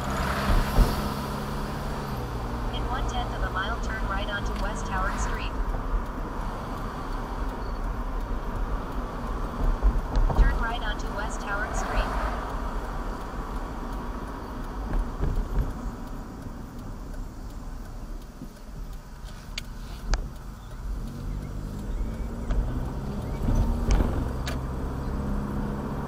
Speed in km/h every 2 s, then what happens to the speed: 35, 39, 40, 40, 40, 39, 35, 29, 16, 3, 6, 16, 29.
0-8 steady at about 40. 8-18 brakes to 3. 18-26 speeds up to 29.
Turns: none.